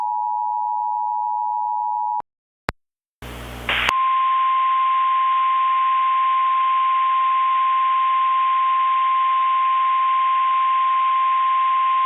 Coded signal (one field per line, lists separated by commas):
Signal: Emergency Alert System (SAME) tones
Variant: 853 and 960 Hz attention tone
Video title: EAS Request/Mock, ok....what snow??